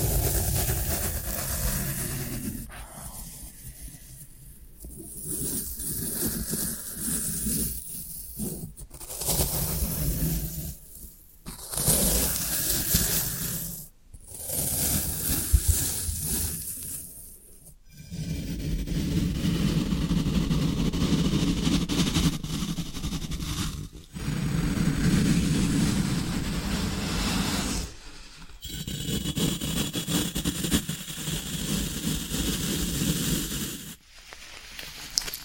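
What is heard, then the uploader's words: Floral foam is crumbled and pressed, making a dense, gritty crackling hiss with a soft low rub underneath. The handling comes in bursts of a few seconds, broken by brief pauses near 3, 11, 14, 18, 24, 28 and 34 seconds. ASMR Satisfying Tingle Stimulating Floral Foam Sounds for Sleep (No Talking).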